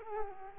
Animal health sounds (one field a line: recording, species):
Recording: mosquito wingbeat signal from an infrared sensor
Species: Culex quinquefasciatus